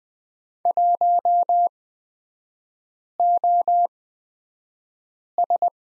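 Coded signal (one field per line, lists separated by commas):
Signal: Morse code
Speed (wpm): 20 wpm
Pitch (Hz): 700 Hz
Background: none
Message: 1OS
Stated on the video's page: Morse course lesson on the letter Z with three-character groups, Farnsworth spacing of 20/10 wpm.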